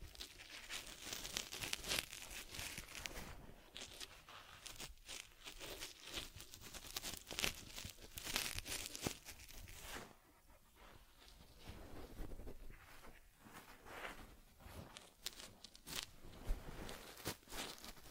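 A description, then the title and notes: Steady rustling and brushing with crinkly scratches and soft taps across a plush toy, dense and bright throughout, briefly quieter around ten seconds. ASMR Taking Care of Teddy Head Massage, Facial Cleansing, Fur Combing and Ear Cleaning(No Talking).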